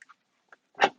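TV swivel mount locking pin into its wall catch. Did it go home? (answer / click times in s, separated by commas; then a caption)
no / none. In a 2020 Serenity 24C, a swivel TV on its mount is pushed back toward storage position, with its locking pin heading for the wall catch. A few faint ticks sound early on, then a louder broadband rattle peaks around 0.8 s and a sharp tap comes at the very end. Nothing has seated or clicked yet.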